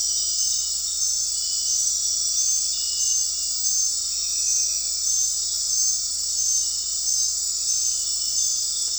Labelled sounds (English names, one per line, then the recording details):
none
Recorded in dense forest near Puerto Asís, Putumayo, Colombia, on 9 March 2025 at 20:30
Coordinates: 0.499, -76.324
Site GP03